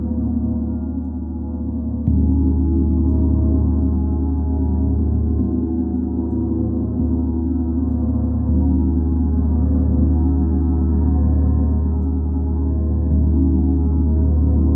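A gong rings in a deep, sustained drone, its layered low tones humming steadily with nothing bright above them. Just after two seconds a fresh stroke lifts the volume, and the swelling tones shift gently every few seconds as they keep resonating.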